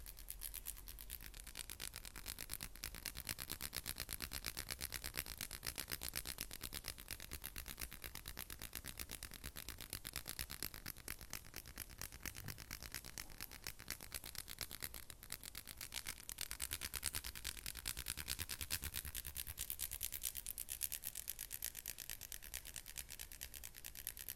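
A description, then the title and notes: Fingernails tap fast and hard in a dense, nearly continuous clatter of sharp, bright clicks that barely pauses across the whole stretch. ASMR NAIL TAPPING, FAST & AGGRESSIVE ネイルのタッピング、はやくてアグレッシブ『音フェチ』.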